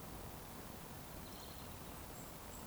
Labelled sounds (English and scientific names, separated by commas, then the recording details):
Eurasian Woodcock (Scolopax rusticola) whistle
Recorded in Baden-Württemberg, Germany, on 25 June 2020 at 19:49 UTC
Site 14569, 102 m above sea level